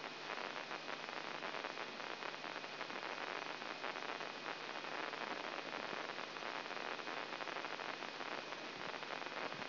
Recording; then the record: brain microelectrode recording played as sound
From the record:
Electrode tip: inside the subthalamic nucleus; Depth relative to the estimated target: -4 mm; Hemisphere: left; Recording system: AlphaMap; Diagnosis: Parkinson's disease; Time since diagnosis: 9 years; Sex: male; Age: 66 years